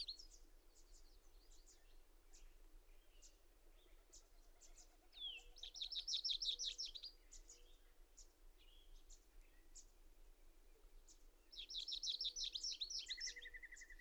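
Bird song of fast high trilled bursts twice, with scattered chips, a short thin trill and a steady background hiss.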